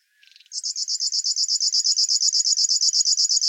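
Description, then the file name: River warbler song, beginning with a brief soft rattle, then a sustained series of strong, regular high-pitched buzzy pulses. "Schlagschwirl - Locustella fluviatilis"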